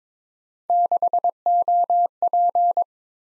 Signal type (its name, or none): Morse code